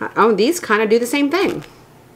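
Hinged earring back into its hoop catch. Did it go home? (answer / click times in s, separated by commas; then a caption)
no / none. Someone talks while handling a small metal huggie hoop earring whose hinged back swings down to clamp into its hoop catch. The hinge has not clicked closed and nothing has seated yet.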